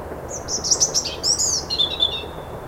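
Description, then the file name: European robin delivering one short, high, liquid phrase of quick twittering notes that ends in a thin, sustained whistle. "Erithacus rubecula"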